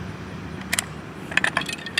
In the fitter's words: on and one of the things you'll notice here's my locking mechanism as soon as that clicked into place my